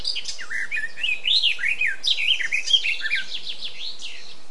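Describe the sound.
Eurasian blackcap song: a rich, fast warble of looping whistled notes between mid and high pitch, tumbling continuously throughout with no other clear sounds.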